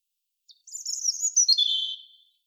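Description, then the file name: European robin singing one short phrase of thin high twittering notes that slide downward, ending in a lower sustained warble; no other sounds. "Erithacus rubecula"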